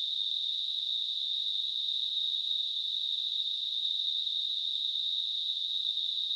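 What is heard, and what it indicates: A steady, unbroken high-pitched hissing ring holds at an even loudness throughout, with no low-pitched sound at all. It is a simulated tinnitus sound, imitating the constant ringing or hissing that a person with tinnitus hears.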